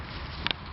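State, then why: Seated. On an MSR Mutha Hubba HP tent, the rainfly's plastic clip is snapped underneath onto the pole-end eyelet fitting, which is not easy to do with one hand. Two quick, sharp clicks come close together at about 0.5 s over a steady low background hiss, and the clip is seated.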